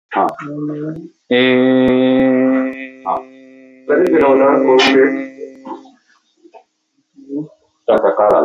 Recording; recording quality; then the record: sustained vowel as in made; moderate, slight background noise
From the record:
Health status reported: exposed to COVID-19, no respiratory illness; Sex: male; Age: 31 years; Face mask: not worn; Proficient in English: yes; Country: India